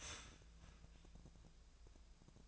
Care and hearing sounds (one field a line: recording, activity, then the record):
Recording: daily activity, microphone in the room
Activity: start toaster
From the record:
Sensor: 2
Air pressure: 1000.0 hPa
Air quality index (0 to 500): 148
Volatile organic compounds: 2 ppm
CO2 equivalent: 1250 ppm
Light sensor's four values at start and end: 26/65/28/30 and 26/65/28/30